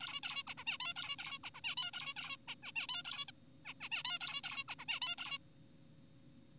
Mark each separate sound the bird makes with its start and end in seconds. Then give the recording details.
0.01-0.20, 0.23-0.43, 0.47-0.54, 0.58-0.64, 0.67-0.78, 0.80-0.94, 0.96-1.16, 1.19-1.39, 1.44-1.50, 1.54-1.61, 1.64-1.75, 1.77-1.91, 1.94-2.14, 2.17-2.37, 2.48-2.55, 2.63-2.72, 2.76-2.87, 2.89-3.03, 3.05-3.25, 3.28-3.31, 3.65-3.74, 3.81-3.89, 3.92-4.03, 4.05-4.19, 4.21-4.41, 4.44-4.64, 4.68-4.75, 4.79-4.85, 4.88-4.99, 5.02-5.16, 5.18-5.38. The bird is an adult. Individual g4p5U